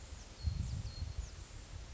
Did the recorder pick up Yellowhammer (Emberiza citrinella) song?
no